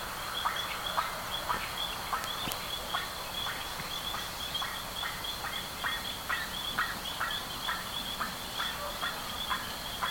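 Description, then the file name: Bird uttering rapid, evenly spaced short calls nearly twice a second, against a dense, steady high-pitched drone. "SABIOD 50 bird 2015"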